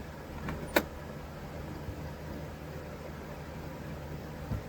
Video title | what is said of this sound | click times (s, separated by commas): CFS Space Pi Dryer Mod 3 | Make sure all that's in, snapped in place. | 0.5 s, 0.8 s